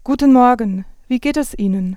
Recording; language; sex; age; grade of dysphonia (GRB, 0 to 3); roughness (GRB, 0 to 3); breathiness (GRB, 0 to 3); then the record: spoken sentence; German; female; 40 to 49 years; 2; 0; 0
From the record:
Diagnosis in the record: dysphonia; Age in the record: 41 years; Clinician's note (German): Postlaryngitische Dysphonie